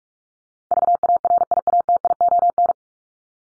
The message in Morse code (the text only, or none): VARIATION